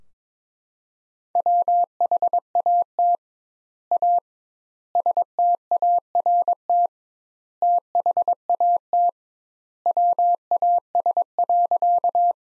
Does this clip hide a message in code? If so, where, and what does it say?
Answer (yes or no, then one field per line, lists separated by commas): yes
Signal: Morse code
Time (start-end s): 1.4-12.3 s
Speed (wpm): 22 wpm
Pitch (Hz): 700 Hz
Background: none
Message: WHAT A START THAT WAS.